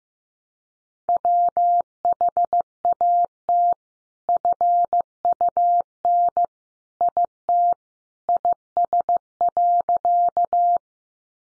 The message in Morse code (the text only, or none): WHAT FUN IT IS.